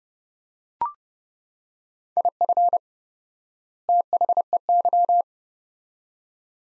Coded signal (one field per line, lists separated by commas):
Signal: Morse code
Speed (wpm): 31 wpm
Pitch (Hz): 700 Hz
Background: none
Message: IF THEY